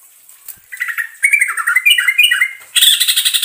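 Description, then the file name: Bulbul song: quick cascade of liquid, downslurred notes stepping up and down, then a buzzy harsh burst; faint steady high hiss behind. Trucukan song in the ropelan style, with a long roll (ngerol panjang). "suara trucukan ropelan ngerol panjang"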